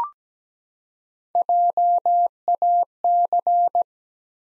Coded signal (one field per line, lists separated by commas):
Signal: Morse code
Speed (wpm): 17 wpm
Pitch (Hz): 700 Hz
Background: none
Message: JAC